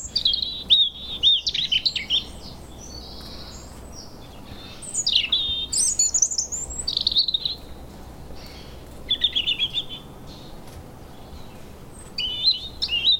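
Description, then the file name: European robin song: high, thin warbled phrases with sweet whistles and trills, short bursts separated by pauses of about a second or two. "Erithacus rubecula"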